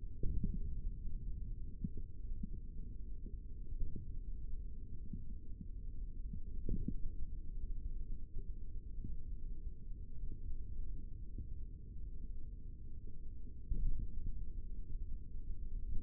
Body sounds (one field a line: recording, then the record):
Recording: forearm muscle sounds (acoustic myography)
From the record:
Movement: index flexion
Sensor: system 3, bracelet of six PUI Audio POM-2738L microphones around the upper forearm, with dedicated amplification and filtering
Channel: 6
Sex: male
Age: 25 years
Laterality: right